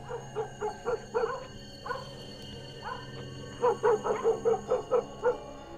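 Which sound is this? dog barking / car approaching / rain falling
dog barking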